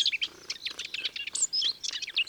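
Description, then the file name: Common whitethroat song, quick rattling scratchy phrases of high notes broken by short pauses. "Fauvette grisette ABC des chants doiseaux"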